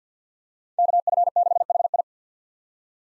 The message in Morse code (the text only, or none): KF6HI